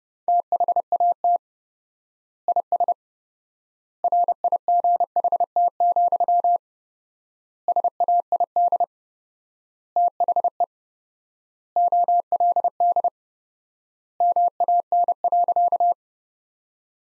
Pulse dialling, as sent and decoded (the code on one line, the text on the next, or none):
none